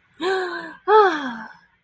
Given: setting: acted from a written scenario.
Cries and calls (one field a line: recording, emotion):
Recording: vocal sound without words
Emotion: pride